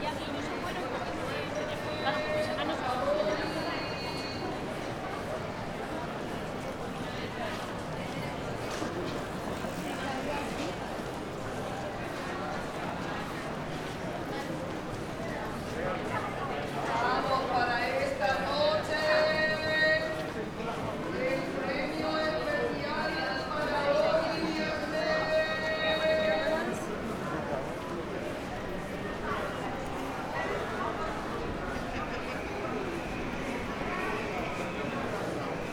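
A short walk through Puerta del Sol: a dense, steady crowd murmur of many voices fills the whole recording. Higher tonal voices or calls rise above it around 2–4 seconds and again from about 17 to 27 seconds, with a few sharper clacks scattered throughout.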